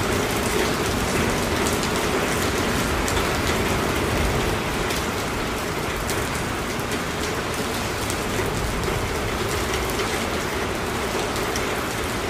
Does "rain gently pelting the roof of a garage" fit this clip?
yes